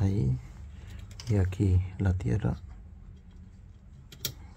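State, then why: Seated. Someone talks briefly while the earth wire connector is pushed onto the new motor of a Balay washing machine, replaced to fix error E21. After a quiet stretch, a sharp click at 4.3 seconds marks the earth terminal seating on the motor.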